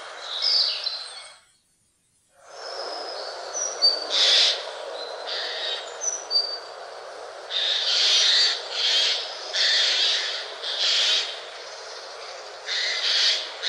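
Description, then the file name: Eurasian jay screeching, a long run of hoarse, noisy bursts, with faint high whistled notes early on. "noetteskrike"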